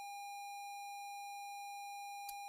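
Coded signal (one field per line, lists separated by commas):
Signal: ZX Spectrum tape loading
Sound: steady buzzy tone of about 800 Hz for two seconds, then a short harsh crackle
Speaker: once we're past this screen which is I like some kind of almost copyright protection screen or something as far as I can tell here then I can start doing the fast load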